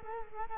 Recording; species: mosquito wingbeat signal from an infrared sensor; Culex quinquefasciatus